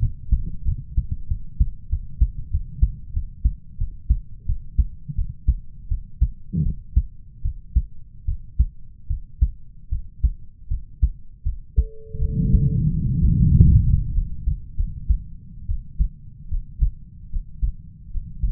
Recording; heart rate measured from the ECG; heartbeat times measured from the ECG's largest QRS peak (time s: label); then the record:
heart sounds by stethoscope; 82 bpm
0.64 s: heartbeat
1.27 s: heartbeat
1.88 s: heartbeat
2.50 s: heartbeat
3.12 s: heartbeat
3.77 s: heartbeat
4.45 s: heartbeat
5.14 s: heartbeat
5.88 s: heartbeat
6.62 s: heartbeat
7.41 s: heartbeat
8.25 s: heartbeat
9.07 s: heartbeat
9.88 s: heartbeat
10.67 s: heartbeat
11.42 s: heartbeat
12.18 s: heartbeat
12.88 s: heartbeat
13.51 s: heartbeat
14.12 s: heartbeat
14.75 s: heartbeat
15.66 s: heartbeat
16.48 s: heartbeat
17.29 s: heartbeat
18.10 s: heartbeat
From the record:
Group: healthy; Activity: rest 0-13 s, breath hold 13-19 s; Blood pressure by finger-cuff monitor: 101/75 mmHg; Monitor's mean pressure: 83 mmHg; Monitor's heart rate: 80 bpm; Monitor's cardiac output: 5.9 L/min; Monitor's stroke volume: 71 mL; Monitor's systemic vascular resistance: 1010 dyn s/cm5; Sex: male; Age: 20 years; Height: 187 cm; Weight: 68.9 kg